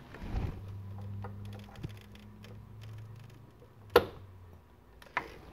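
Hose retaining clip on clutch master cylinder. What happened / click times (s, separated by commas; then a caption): The hose retaining clip snapped into its open, locked position / 4.0 s. On a 2007–2012 Nissan Versa, the retaining clip on the hydraulic hose at the clutch master cylinder is lifted until it engages and locks in the open position, with a sharp click at 4.0 s, so the hose can be pulled off. A steady low hum runs underneath, and a second sharp tick follows at 5.2 s.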